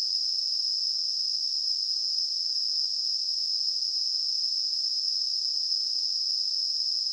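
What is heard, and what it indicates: A steady, unbroken high-pitched hiss, a narrow band of noise centred around 5 kHz, holds evenly at the same loudness for about seven seconds, with nothing lower underneath. It is a simulation of tinnitus, the constant ringing or hissing in the ears that sufferers hear.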